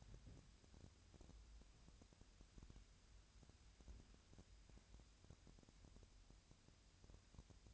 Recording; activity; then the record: daily activity, microphone in the room; wipe stove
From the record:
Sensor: 2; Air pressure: 1006.9 hPa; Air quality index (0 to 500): 198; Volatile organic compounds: 13 ppm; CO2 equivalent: 2423 ppm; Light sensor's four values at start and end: 10/23/10/10 and 10/23/10/10